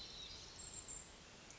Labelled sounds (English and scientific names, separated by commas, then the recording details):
Hermit Thrush (Catharus guttatus)
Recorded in Sonoma County, California